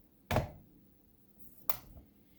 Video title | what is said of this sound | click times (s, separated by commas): 👩‍🍳Homemade Loaf Bread Recipe - Using Bread Machine | goes in and it locks into place | 0.3 s, 1.7 s